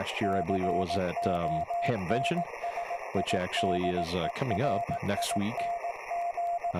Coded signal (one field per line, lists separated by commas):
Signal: Morse code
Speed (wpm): 18 wpm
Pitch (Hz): 690 Hz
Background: speech, radio noise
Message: CONSIDERING